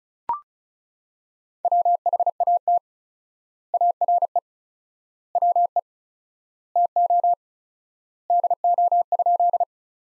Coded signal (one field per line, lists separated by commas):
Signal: Morse code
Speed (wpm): 34 wpm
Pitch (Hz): 700 Hz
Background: none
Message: WHAT ARE WE TO DO?